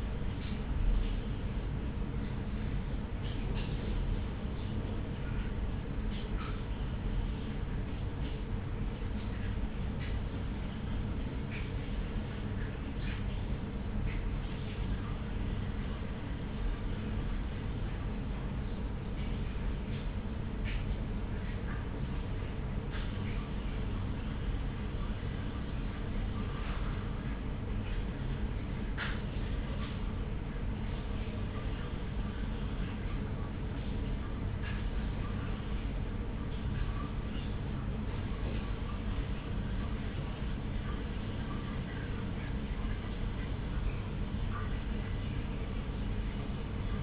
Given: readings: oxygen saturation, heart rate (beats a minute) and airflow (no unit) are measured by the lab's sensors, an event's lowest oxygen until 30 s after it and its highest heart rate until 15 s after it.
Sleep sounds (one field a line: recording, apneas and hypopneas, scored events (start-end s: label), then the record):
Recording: a person awake in a sleep study, by a smartphone at the bedside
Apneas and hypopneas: none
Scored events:
0.00-47.03 s: awake
0.00-47.03 s: awake
From the record:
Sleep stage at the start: awake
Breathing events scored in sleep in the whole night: 210 in 6.9 hours asleep